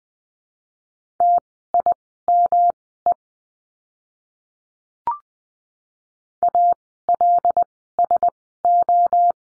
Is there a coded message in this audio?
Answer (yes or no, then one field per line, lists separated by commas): yes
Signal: Morse code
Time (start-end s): 1.2-9.3 s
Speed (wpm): 20 wpm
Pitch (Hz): 700 Hz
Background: none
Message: TIME ALSO